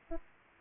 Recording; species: mosquito wingbeat signal from an infrared sensor; Aedes aegypti